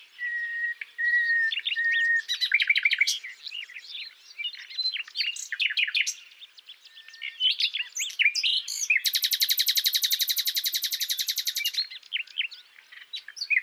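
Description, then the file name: Common nightingale song: steady whistled notes, tumbling chirps, then a long loud buzzy rattle before more varied phrases. "Luscinia megarhynchos"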